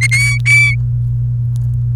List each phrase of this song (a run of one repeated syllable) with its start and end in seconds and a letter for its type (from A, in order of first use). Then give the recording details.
0.01-0.07 A, 0.11-0.75 B. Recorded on 29 April 2018 at 16:05. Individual llb3